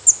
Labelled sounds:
Yellow-throated Warbler flight call

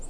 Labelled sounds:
Townsend's Warbler flight call

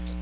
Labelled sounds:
Magnolia Warbler flight call

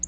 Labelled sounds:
Black-throated Blue Warbler flight call

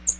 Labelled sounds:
American Redstart flight call

